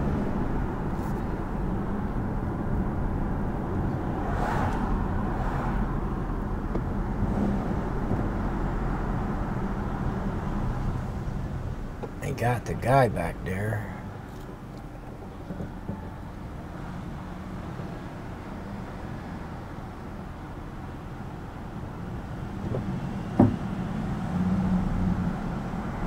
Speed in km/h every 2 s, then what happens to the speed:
29, 29, 26, 26, 24, 16, 5, 0, 0, 0, 0, 0, 0.
0-13 slows to 0. 13-26 standing.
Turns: none.